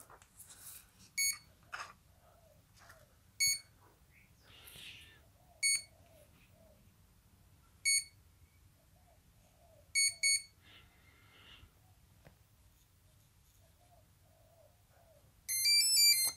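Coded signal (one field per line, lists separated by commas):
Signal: beep code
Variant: brushless ESC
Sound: repeated short high beeps about every two seconds, then a rising multi-tone melody starts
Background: faint talking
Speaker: wait for the programming mode music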